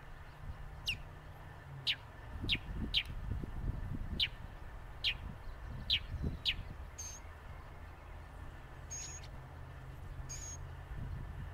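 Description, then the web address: Northern mockingbird calls: sharp, high downslurred notes repeated roughly every second, plus a few brief whistles, over a steady low rumble. "Northern Mockingbird Sounds Calls. northern mockingbird the mimic maestro of the bird world"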